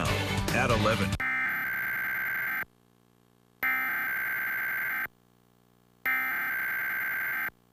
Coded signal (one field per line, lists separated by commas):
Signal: Emergency Alert System (SAME) tones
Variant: header bursts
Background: speech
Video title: WPRI 12 EAS MONTHLY TEST